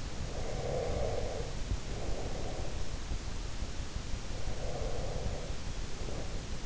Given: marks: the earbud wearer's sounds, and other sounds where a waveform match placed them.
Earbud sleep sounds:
sounds in sleep by an in-ear microphone; breath
0.20-2.90 s: breath
4.14-6.66 s: breath

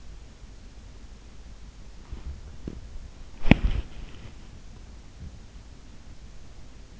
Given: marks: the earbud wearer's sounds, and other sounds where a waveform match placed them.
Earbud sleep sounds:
sounds in sleep by an in-ear microphone; body movement
2.18-3.87 s: body movement

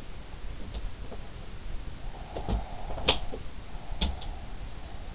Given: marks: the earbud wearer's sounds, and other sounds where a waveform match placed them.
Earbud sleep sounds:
sounds in sleep by an in-ear microphone; teeth grinding
0.55-1.20 s: teeth grinding
2.31-3.43 s: sound from someone else or the room
3.96-4.41 s: teeth grinding

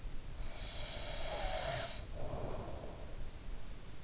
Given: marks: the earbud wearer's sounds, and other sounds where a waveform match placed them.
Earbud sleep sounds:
sounds in sleep by an in-ear microphone; breath
0.50-3.02 s: breath

